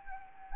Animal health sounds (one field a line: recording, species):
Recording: mosquito wingbeat signal from an infrared sensor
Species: Anopheles arabiensis